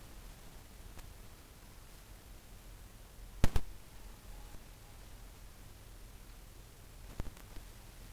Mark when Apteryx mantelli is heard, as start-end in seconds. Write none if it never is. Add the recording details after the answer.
none. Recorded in New Zealand on 24 November 2013. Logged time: 00:13. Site CF70